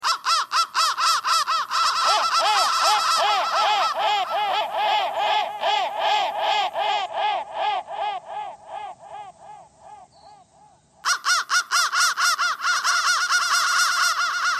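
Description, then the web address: Crow cawing, a fast run of harsh, arched notes, fading and thinning toward a pause, then a loud burst of calls resumes. "soundfactory crow"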